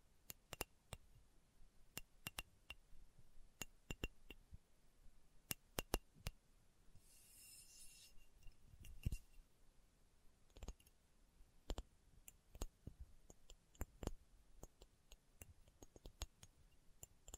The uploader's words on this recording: ASMR Slow Tapping for Deep Sleep (No Talking).